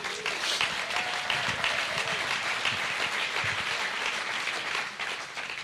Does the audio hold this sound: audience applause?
yes